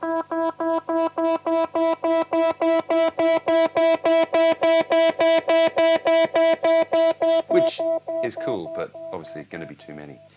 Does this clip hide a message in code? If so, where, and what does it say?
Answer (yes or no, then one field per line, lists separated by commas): no